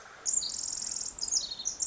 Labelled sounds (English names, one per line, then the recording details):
Pacific Wren
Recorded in Sonoma County, California